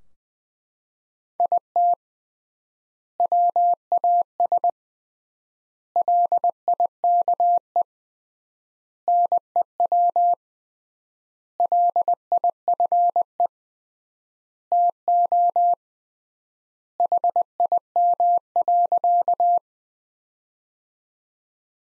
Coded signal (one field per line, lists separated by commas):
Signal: Morse code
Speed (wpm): 20 wpm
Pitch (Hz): 700 Hz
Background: none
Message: IT WAS LIKE NEW LIFE TO HIM.